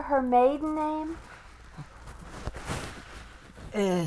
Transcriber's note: disturbance to the microphone